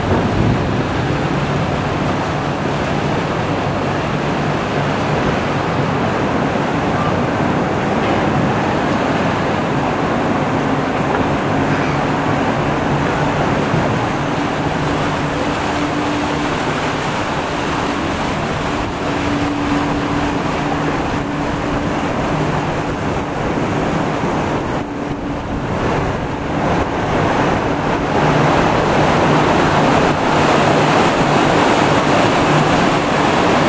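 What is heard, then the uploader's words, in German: On the ferry from Konstanz to Meersburg, a dense, steady rumble and wash of water fill the whole 34 seconds. A low engine hum runs underneath, with a faint tone rising around 15 to 25 seconds. Near 25 seconds the roar briefly thins, then resumes. Auf der Fähre von Konstanz nach Meersburg. An das nördliche Ufer des Bodensees. Im Oktober 2018.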